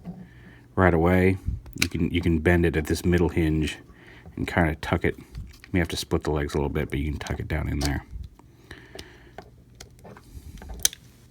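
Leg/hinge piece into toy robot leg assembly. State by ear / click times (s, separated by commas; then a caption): seated / 10.8 s. Someone talks while a leg piece on a FansToys FT-13 Mercenary plastic transforming robot toy is bent at its middle hinge and tucked down between the slightly split legs, with faint plastic handling clicks along the way. A sharp plastic snap at 10.9 s marks the piece seating into place.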